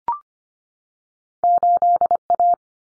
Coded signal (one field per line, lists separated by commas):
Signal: Morse code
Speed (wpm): 25 wpm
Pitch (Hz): 700 Hz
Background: none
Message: 8A